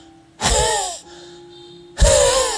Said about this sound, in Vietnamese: Nó thở khò khè, nó rất là nặng nhọc, ngay sau lưng của ổng luôn.